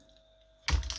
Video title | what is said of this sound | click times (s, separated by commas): G-line Brompton better fold, hack. | And now when it clicks into place, | 0.7 s